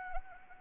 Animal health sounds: mosquito wingbeat signal from an infrared sensor; Anopheles arabiensis

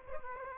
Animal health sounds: mosquito wingbeat signal from an infrared sensor; Aedes aegypti

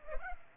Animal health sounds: mosquito wingbeat signal from an infrared sensor; Culex pipiens

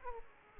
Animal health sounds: mosquito wingbeat signal from an infrared sensor; Aedes aegypti

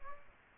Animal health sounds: mosquito wingbeat signal from an infrared sensor; Aedes aegypti

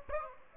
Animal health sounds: mosquito wingbeat signal from an infrared sensor; Aedes aegypti

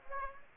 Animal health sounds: mosquito wingbeat signal from an infrared sensor; Aedes aegypti

